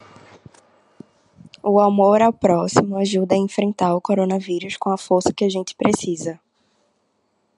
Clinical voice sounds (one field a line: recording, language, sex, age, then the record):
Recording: spoken sentence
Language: Brazilian Portuguese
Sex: female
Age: 20 to 29 years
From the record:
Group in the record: control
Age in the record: 22 years